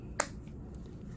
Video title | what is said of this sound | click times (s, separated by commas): Changing an Audi key fob battery | and then it's just going to click back in once you get that in | 0.2 s